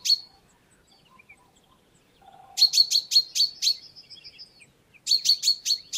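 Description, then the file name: Common chaffinch calls: one sharp high note, then a quick burst of several loud metallic notes trailing into a faint thin series, and another burst near the end; soft chirps behind. "Fringilla coelebs"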